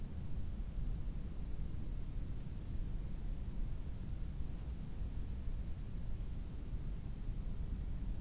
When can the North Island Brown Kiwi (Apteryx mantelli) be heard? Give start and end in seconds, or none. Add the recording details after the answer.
none. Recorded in New Zealand on 18 October 2015. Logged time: 23:14. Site BR12